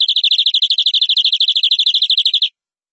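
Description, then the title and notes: Canary song: one steady trill of quick repeated high notes lasting about two and a half seconds, then quiet. "BM Suara Kenari. BM Suara Burung Kenari"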